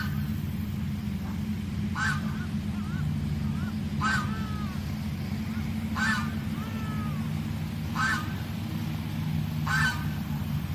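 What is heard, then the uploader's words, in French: Farm animals, with a loud goose-like honk repeating regularly about every two seconds, each call bright and brief. Softer chirping calls sound between the honks. Underneath runs a steady low rumbling hum throughout. A la ferme avec ses animaux.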